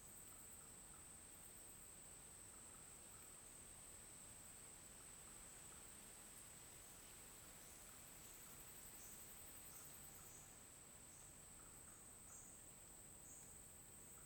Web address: Ambiente na mata dia com grilo oscilante e vento com folhas. tocantins